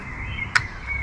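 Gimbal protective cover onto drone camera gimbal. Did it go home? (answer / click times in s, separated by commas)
yes / 0.6 s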